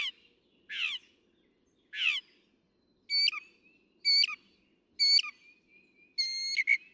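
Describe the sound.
Northern mockingbird song: changing phrases, first rough downward-sweeping notes repeated three times, then clear whistled notes with a short drop, repeated roughly once a second.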